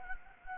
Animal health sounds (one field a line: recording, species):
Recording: mosquito wingbeat signal from an infrared sensor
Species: Anopheles gambiae